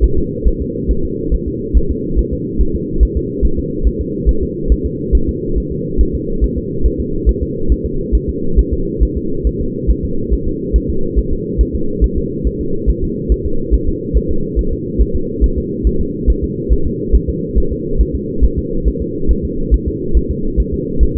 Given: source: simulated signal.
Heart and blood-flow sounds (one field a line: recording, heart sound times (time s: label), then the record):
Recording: fetal heart sounds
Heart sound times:
0.04 s: S1
0.18 s: S2
0.47 s: S1
0.62 s: S2
0.91 s: S1
1.05 s: S2
1.34 s: S1
1.48 s: S2
1.77 s: S1
1.91 s: S2
2.19 s: S1
2.33 s: S2
2.61 s: S1
2.75 s: S2
3.03 s: S1
3.17 s: S2
3.45 s: S1
3.59 s: S2
3.87 s: S1
4.01 s: S2
4.29 s: S1
4.43 s: S2
4.72 s: S1
4.86 s: S2
5.15 s: S1
5.29 s: S2
5.58 s: S1
5.72 s: S2
6.01 s: S1
6.15 s: S2
6.44 s: S1
6.58 s: S2
6.86 s: S1
7.00 s: S2
7.29 s: S1
7.43 s: S2
7.72 s: S1
7.86 s: S2
8.15 s: S1
8.29 s: S2
8.59 s: S1
8.73 s: S2
9.03 s: S1
9.17 s: S2
9.47 s: S1
9.61 s: S2
9.91 s: S1
10.05 s: S2
10.33 s: S1
10.47 s: S2
10.76 s: S1
10.90 s: S2
11.19 s: S1
11.33 s: S2
11.61 s: S1
11.75 s: S2
12.04 s: S1
12.18 s: S2
12.47 s: S1
12.61 s: S2
12.89 s: S1
13.04 s: S2
13.32 s: S1
13.46 s: S2
13.74 s: S1
13.88 s: S2
14.17 s: S1
14.31 s: S2
14.59 s: S1
14.73 s: S2
15.01 s: S1
15.16 s: S2
15.44 s: S1
15.58 s: S2
15.87 s: S1
16.01 s: S2
16.30 s: S1
16.44 s: S2
16.72 s: S1
16.87 s: S2
17.15 s: S1
17.29 s: S2
17.58 s: S1
17.72 s: S2
18.01 s: S1
18.15 s: S2
18.44 s: S1
18.59 s: S2
18.88 s: S1
19.02 s: S2
19.31 s: S1
19.45 s: S2
19.74 s: S1
19.88 s: S2
20.17 s: S1
20.31 s: S2
20.60 s: S1
20.74 s: S2
21.03 s: S1
21.17 s: S2
From the record:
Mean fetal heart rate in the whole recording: 140 bpm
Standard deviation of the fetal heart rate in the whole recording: 2 bpm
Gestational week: 34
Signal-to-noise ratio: -8.1 dB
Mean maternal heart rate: 72 bpm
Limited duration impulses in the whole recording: absent